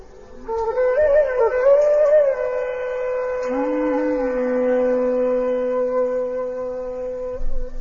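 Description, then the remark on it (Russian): Several conch shells blow long, overlapping horn-like tones that swell and bend in pitch, forming a loud, continuous droning roar with no voices. “Звуки всех этих раковин слились в сплошной рев, сотрясая небо и землю, и сердца сыновей Дхритараштры содрогнулись.”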